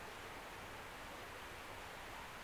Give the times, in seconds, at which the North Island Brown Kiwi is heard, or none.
none